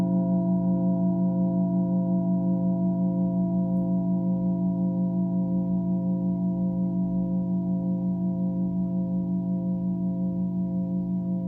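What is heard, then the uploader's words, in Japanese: A singing bowl hums in a steady, low sustained tone with a gentle regular pulsing waver, ringing continuously without new strikes throughout. 10分間のシンギングボウルライブ。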